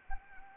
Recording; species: mosquito wingbeat signal from an infrared sensor; Anopheles arabiensis